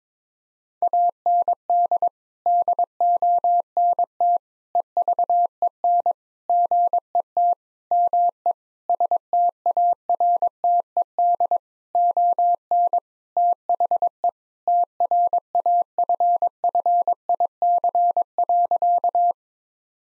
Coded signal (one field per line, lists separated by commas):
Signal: Morse code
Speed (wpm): 22 wpm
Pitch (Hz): 700 Hz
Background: none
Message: AND DONT EVEN GET ME STARTED ON THE TRAFFIC.